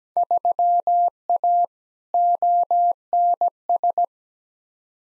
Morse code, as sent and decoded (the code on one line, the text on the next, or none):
...-- .- / --- -. ...
3A ONS